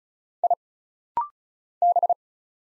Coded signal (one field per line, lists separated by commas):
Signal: Morse code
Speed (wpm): 34 wpm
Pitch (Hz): 700 Hz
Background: none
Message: I B